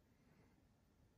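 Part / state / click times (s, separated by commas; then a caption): windscreen mount onto dash cam / not seated / none. A windscreen mount is handled against the plastic body of a Nextbase GW522 dash cam as it is about to be clipped on. Only a low, steady background hum is heard for 1.2 seconds. Nothing has seated or clicked yet.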